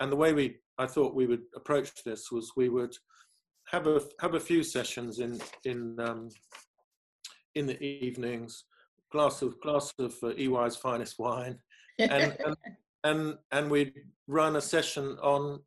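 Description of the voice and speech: Adult man speaking with repeated sounds and words, prolonged sounds and pauses in an otherwise fluent voice, fitting a stammer present since childhood that falls mainly on hard consonants.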